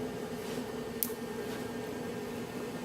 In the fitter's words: going to be a little hard to hear on the camera but I heard it pop a little bit and you see that filament is coming out